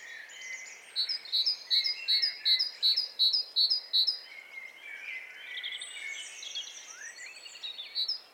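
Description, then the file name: Great tit giving a steady string of about nine ringing two-note phrases, followed by warbling and trills from other birds. "Parus major"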